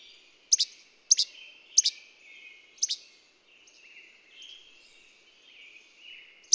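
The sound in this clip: Bird song opens with four sharp, high, downward chirps, then pauses for soft, wavering twitters and trills before one more chirp closes it.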